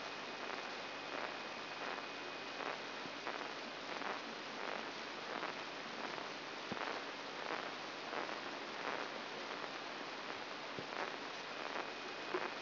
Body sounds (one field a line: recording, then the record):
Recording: brain microelectrode recording played as sound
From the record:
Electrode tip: inside the subthalamic nucleus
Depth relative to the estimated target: 1 mm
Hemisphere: right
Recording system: AlphaMap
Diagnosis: Parkinson's disease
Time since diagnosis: 11 years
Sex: female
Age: 62 years